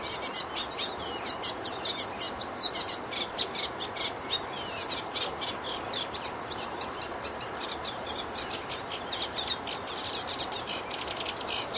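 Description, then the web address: Reed warbler singing a long, rambling churring chatter of grating and whistled notes, varied and almost unbroken, against a constant rushing background noise. At Zakole Wawerskie, Poland. "zakole-wawerskie trzcinniczek"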